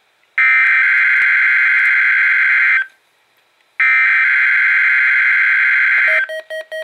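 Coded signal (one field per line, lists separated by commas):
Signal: Emergency Alert System (SAME) tones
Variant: header bursts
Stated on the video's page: Required weekly test on NOAA Weather Radio station.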